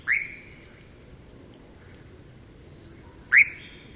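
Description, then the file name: European nightjar calls: two sharp, upward-sweeping notes about three seconds apart, with near silence between them. "Lelek"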